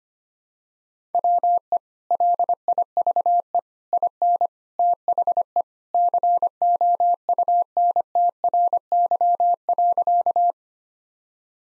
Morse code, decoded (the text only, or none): WE LIVE IN THE COUNTRY.